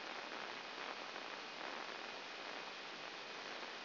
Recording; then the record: brain microelectrode recording played as sound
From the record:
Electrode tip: outside the subthalamic nucleus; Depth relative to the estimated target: -0.002 mm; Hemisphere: left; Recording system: AlphaMap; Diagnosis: Parkinson's disease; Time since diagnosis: 11 years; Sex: female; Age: 60 years